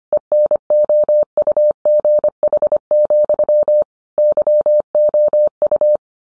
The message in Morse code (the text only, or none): ENOUGH, YOU